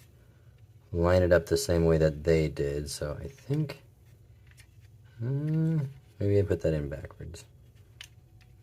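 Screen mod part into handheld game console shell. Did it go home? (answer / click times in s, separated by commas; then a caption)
yes / 8.0 s. A plastic screen part for a Game Boy Color McWill LCD mod is slid into place in the handheld console's shell while someone talks. It snaps home with a sharp tick at 8.0 s, seated and clicked in well but a little wobbly.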